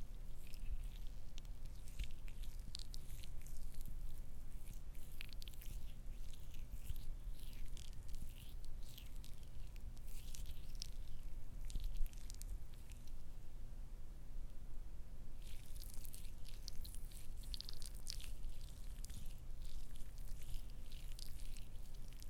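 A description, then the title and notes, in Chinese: Lotion being squeezed, with dense wet squishing and crackling clicks that come in quick, irregular bursts. The squelching runs steadily for about thirteen seconds, falls nearly silent for a couple of seconds, then resumes to the end over a constant low hum. 乳液擠壓。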